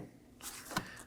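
The red plastic locking tab (connector position assurance) on the headlight harness connector of a 2018-2024 Chevrolet Equinox headlight assembly is pushed down to lock it. A soft plastic rustle begins around 0.4 s, then a sharp, brief click at 0.8 s. The tab snaps down and the connector is seated and locked.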